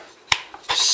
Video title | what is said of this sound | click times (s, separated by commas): Make A Zero-Turn Mower Better Than Original | goes right back on there you'll hear it snap | 0.3 s